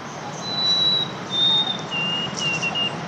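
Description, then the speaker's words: White-throated Sparrow song: clear, pure whistles, a long high note, then a slightly lower held note, then a lower run of three short repeated notes. Male in spring, Central Park, New York; this bird alternated this song with a warbler song; written as 'Old Sam Peabody Peabody Peabody', further north 'Oh sweet Canada, Canada, Canada'. "that is the song of the much more common white-throated sparrow."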